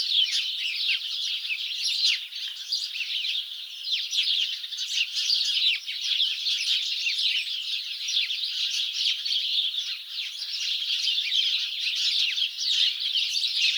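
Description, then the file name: House sparrows chirping continuously, many birds at once giving sharp, clipped chirps that blend into a lively, unbroken chatter. "Passer domesticus"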